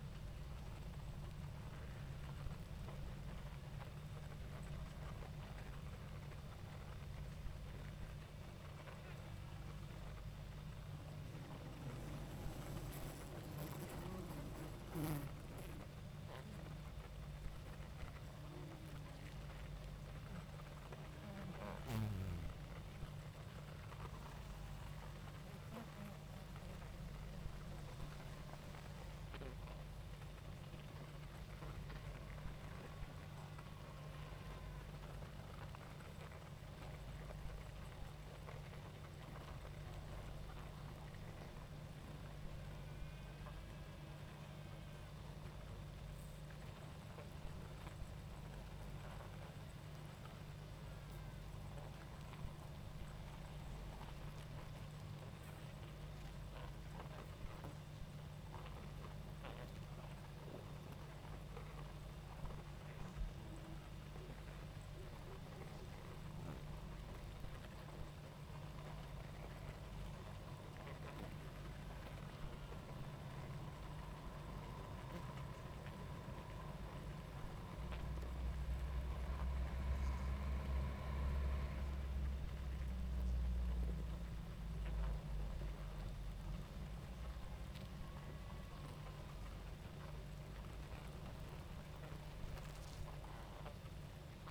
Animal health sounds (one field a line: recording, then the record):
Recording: honeybee colony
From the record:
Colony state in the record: active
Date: 28 July 2017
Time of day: 20:31